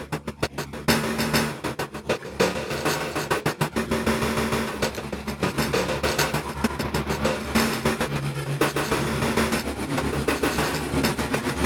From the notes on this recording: A brief variety of manipulated tamping sounds overlaid, rhythmicized and mixed.